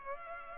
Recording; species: mosquito wingbeat signal from an infrared sensor; Culex pipiens